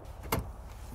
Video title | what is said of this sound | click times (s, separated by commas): Cadillac XT5 Sport AWD: Brembos, Headlights, and Night Vision Tested! | click this into place, and now you've got a cargo divider | 0.3 s